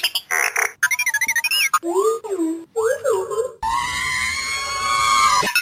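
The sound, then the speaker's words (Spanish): Electronic beeps and whistles of the robot R2-D2: rapid chirping bursts, then warbling rising and falling sweeps, ending in a longer, steady trilling tone. Fairly loud, with no one talking over it. “Perdón, R2D2, dispositivo e ingenio mecánico.”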